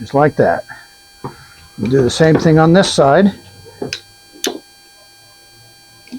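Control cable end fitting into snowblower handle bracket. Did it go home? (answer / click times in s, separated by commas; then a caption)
yes / 4.4 s. Someone talks while fitting the end of the second control cable into the handle bracket of a Troy-Bilt 30-inch snowblower, repeating the same step on the other side. One loud, sharp click at 4.4 s marks the cable snapping into the bracket, and it is seated. A steady hum runs underneath throughout.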